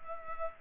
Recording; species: mosquito wingbeat signal from an infrared sensor; Culex pipiens